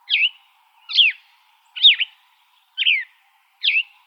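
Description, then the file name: Gray vireo song: five short, burry, slurred phrases, each dropping sharply in pitch, given about once a second against silence. Recorded on 28 August 2005. "GRVI 7 deviche"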